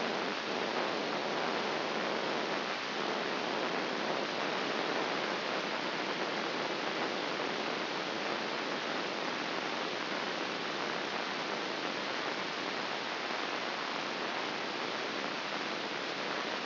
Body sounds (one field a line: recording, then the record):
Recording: brain microelectrode recording played as sound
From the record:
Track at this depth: outside the subthalamic nucleus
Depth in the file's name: 4.622 mm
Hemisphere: left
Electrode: 2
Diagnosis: Parkinson's disease